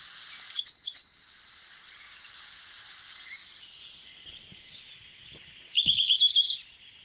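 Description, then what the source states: African pied wagtail singing two sharp, high chirruping bursts several seconds apart, with fast trilled notes, against continuous background water noise. Played recording; water audible in background; territorial species that chases other birds away from its feeding areas.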